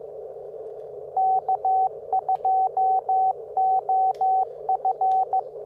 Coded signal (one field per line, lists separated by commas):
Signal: Morse code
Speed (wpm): 15 wpm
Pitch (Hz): 760 Hz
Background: radio noise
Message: K2OF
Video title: Morse Walker Tutorial for POTA and Other Formats